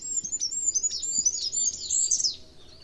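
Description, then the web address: Bird song, a continuous high twittering of thin whistled and slurred notes, wavering and falling slightly toward the end. "cianscape. Deverinetal 2025. Bird Only"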